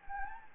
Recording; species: mosquito wingbeat signal from an infrared sensor; Anopheles gambiae